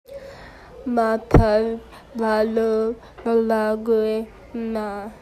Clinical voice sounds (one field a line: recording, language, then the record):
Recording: elicited speech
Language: Bengali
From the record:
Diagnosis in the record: Broca's or global aphasia after a stroke